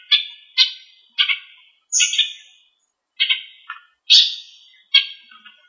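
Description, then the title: Bird giving harsh, buzzy squawks in separate bursts roughly every half to one second, some with a higher piercing onset, with short silences between. "LuckyPassaros CompletosSama"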